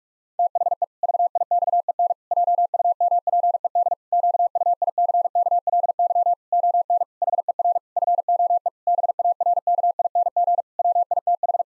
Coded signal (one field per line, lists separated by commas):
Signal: Morse code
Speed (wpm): 41 wpm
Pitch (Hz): 700 Hz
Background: none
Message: THE VIXEN JUMPED QUICKLY ON HER FOE BARKING WITH